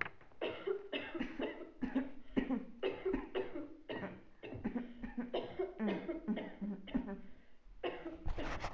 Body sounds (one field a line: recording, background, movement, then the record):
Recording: throat clearing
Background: a bystander coughing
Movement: sitting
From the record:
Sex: female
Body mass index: 36.4 kg/m2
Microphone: on the chest, facing outward